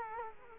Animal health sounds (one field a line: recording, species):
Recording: mosquito wingbeat signal from an infrared sensor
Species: Culex quinquefasciatus